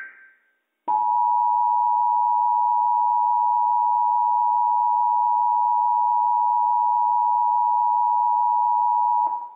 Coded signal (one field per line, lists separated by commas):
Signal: Emergency Alert System (SAME) tones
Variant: 853 and 960 Hz attention tone